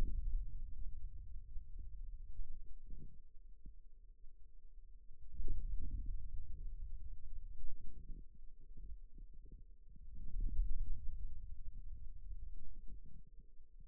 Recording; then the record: forearm muscle sounds (acoustic myography)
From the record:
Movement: ulnar deviation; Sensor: system 2, bracelet of six BSWA MPA416 microphones around the upper forearm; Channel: 5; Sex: male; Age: 22 years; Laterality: right